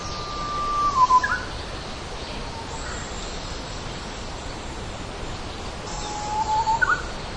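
Japanese bush warbler singing, a held whistled note followed by a short flicking ending, repeated after a pause of about five seconds.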